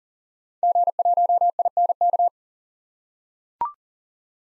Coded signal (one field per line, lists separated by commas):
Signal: Morse code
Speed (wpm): 40 wpm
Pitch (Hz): 700 Hz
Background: none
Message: G1INK